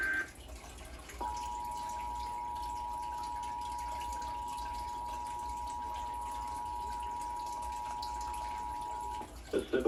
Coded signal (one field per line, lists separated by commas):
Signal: Emergency Alert System (SAME) tones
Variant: 853 and 960 Hz attention tone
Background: speech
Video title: New Jersey Required Monthly Test (July 18, 2023) (EAS #822)